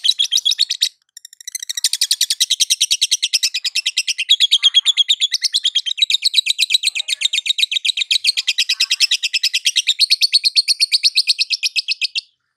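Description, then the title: Lovebird pours out a long, fast, continuous chatter of high chirps lasting around twelve seconds, with only a brief break near the start. Konslet-style lovebird song, used for training other birds. "Masteran Lovebird Konslet"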